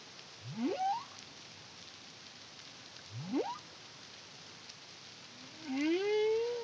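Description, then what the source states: Humpback whale song phrases: two quick rising whoops a few seconds apart, then a longer, slowly rising harmonic moan at the end, over faint water noise. Song recorded in the Caribbean under the CARIMAM project in 2023.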